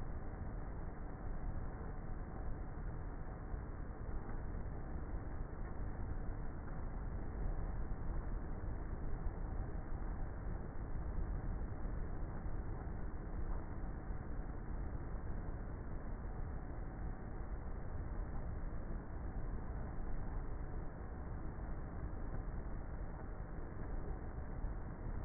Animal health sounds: honeybee colony, microphone inside the hive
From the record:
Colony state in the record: queenless with a low population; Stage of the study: before two queens were removed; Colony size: about 30,000 bees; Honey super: no

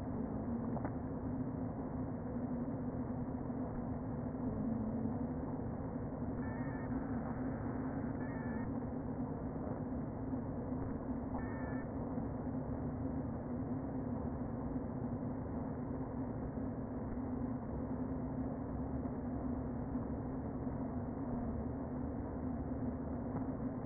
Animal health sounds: honeybee colony, microphone inside the hive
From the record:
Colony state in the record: queen present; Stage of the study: before two queens were removed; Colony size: about 60,000 bees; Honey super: yes

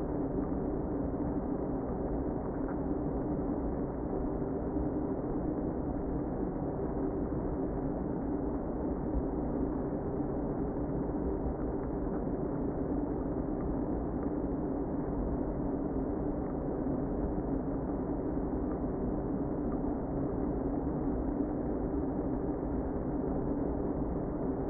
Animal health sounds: honeybee colony, microphone inside the hive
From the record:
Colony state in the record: queen present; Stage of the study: before two queens were removed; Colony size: about 60,000 bees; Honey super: yes

